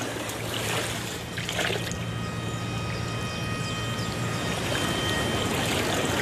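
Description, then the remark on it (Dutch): A thin, steady squeaking whine from a Bretschneider fishing device, heard while it is switched on, holds a constant pitch over a continuous rushing, watery wash and a low droning hum, with no talking. “En dat piepend geluid wat je hoort, dat is, die piepende zoom, dat is van...”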